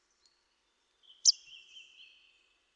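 Bird call: a sharp, bright high note followed by a thin, slightly wavering whistle lasting about a second and fading away, with near silence around it.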